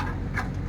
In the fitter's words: they just snap right in and you're ready to go again